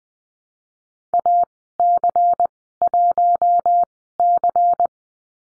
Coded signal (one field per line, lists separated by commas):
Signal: Morse code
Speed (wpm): 20 wpm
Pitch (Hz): 700 Hz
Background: none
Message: AC1C